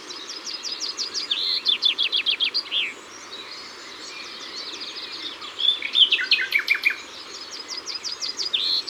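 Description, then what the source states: Common nightingale song: a long run of loud, evenly repeated notes, then quieter warbling, then another rapid repeated series near the end. Ardèche.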